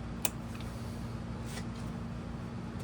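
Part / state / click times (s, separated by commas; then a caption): wiring harness connector into the door panel switch socket / seated / 0.2 s. A wiring harness connector is plugged back into the plastic switch socket on the door panel of a 2022–2026 Lexus NX 350h. It seats with a single sharp click at 0.3 s over a steady low hum. Fainter ticks follow near 0.6 s and 1.5 s.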